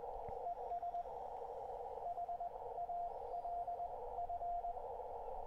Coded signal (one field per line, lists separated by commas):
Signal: Morse code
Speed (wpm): 20 wpm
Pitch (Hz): 700 Hz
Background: radio noise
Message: ES HALF